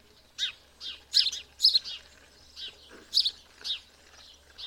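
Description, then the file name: House sparrow giving about ten chirps at irregular intervals, with a faint low hum underneath. "Passer domesticus"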